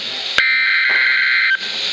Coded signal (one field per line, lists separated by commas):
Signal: Emergency Alert System (SAME) tones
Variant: header bursts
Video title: EAS #54 - Special Marine Warning 9-3-2013